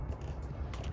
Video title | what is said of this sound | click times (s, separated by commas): Chevrolet Corvette - Sports Car Bargain - CARMAX | and it kind of snaps in place | 0.7 s